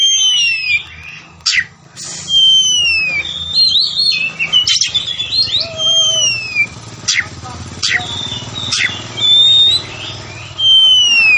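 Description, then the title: Oriental magpie-robin giving clear falling whistles and short sharp clicks, with long gliding notes spaced out over a constant background hiss and hum. Kacer fighting, persistent song full of 'tembakan' bursts, meant to make a kacer ready to fight within minutes. "Kacer Langsung Tarung Konslet KACER NGOTOT FULL TEMBAKAN"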